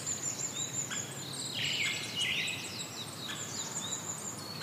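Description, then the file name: Brown-headed thrush song, a short burst of rich warbled notes near the middle, against a steady hiss and thin high calls. "akahara"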